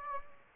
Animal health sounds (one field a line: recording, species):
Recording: mosquito wingbeat signal from an infrared sensor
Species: Anopheles gambiae